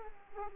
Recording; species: mosquito wingbeat signal from an infrared sensor; Culex quinquefasciatus